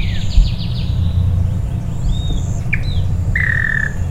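Bird calls: a quick series of buzzy notes, later a sharp chip and a flat drawn-out whistle, with faint high notes and low background rumble.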